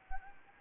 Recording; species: mosquito wingbeat signal from an infrared sensor; Anopheles gambiae